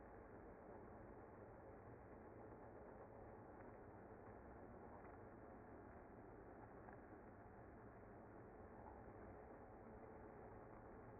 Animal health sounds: honeybee colony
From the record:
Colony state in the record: active

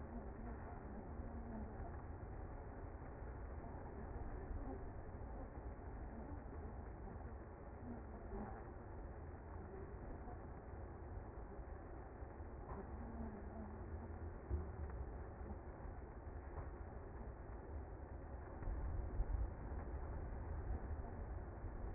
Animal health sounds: honeybee colony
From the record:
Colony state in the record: active

